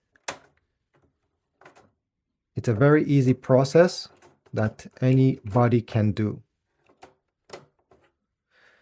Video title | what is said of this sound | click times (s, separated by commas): HP Envy 6155e : How to Replace the Ink Cartridges | it's in this position, and then I will push it with my thumb until it clicks in place. | 0.3 s